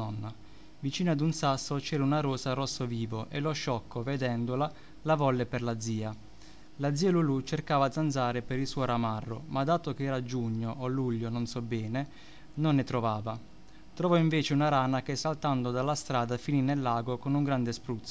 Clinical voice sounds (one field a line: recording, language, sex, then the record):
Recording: read passage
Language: Italian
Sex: male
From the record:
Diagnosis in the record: healthy control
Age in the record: 29 years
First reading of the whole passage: 42 s, 12.4 characters per second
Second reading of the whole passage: 42 s, 12.2 characters per second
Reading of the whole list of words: 38 s, 7.3 characters per second